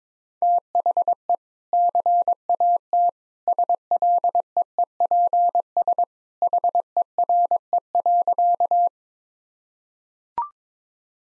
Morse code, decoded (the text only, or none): THE CAT SLEEPS HERE.